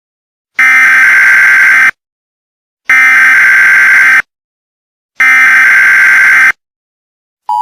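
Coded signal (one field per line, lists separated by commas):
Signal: Emergency Alert System (SAME) tones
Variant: header bursts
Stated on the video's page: Fictional EAS scenario requiring heavy editing.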